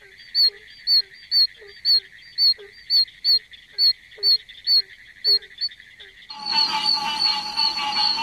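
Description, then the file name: Oak toad calling: clear, high chick-like peeps repeated about twice a second, then a loud, dense wash of noise covers the final two seconds. "Bufo quercicus - Oak Toad"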